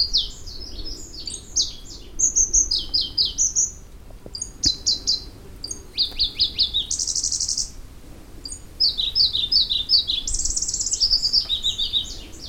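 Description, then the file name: Pallas's leaf warbler song: very high phrases of rapidly repeated notes that switch pitch, a dense buzzy trill midway, short pauses between bursts, faint low rumble beneath. "warbler-pallas-leaf -Phylloscopus-proregulus"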